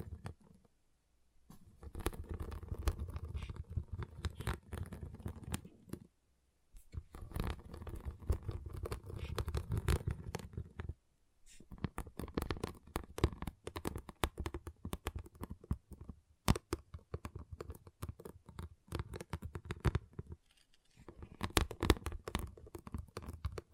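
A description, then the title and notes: Small plastic pixel art beads clatter and tick in dense, rapid bursts, like beads being stirred or poured. The rattling stops briefly around 1, 6, 11 and 20 seconds, then resumes, with a low rumbling underneath during the busier stretches. ASMR Relaxing Pixel Art Beads ( No Talking).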